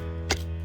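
A single gas burner head is removed from a gas cassette canister, and one sharp click at 0.3 s marks it coming off, with a steady low hum underneath throughout. The burner is detached from the canister.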